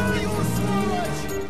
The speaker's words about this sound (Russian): Он запрыгивает в машину и уезжает.